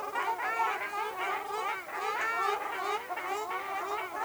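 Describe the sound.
Ruddy shelduck calls: constant babble of overlapping nasal honks from a group, loud and unbroken.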